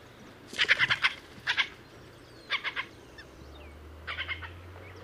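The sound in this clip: Noble snipe calls, short bursts of rapid, harsh ticking notes in small groups, repeated with pauses, over steady background hiss and a low hum that joins partway through.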